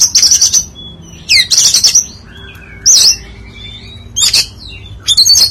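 Oriental magpie-robin song with loud bursts of high chattering notes, separated by thin, drawn-out whistles, over a low background hum.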